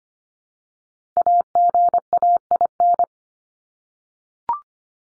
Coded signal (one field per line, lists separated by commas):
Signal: Morse code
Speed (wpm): 25 wpm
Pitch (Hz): 700 Hz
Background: none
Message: AGAIN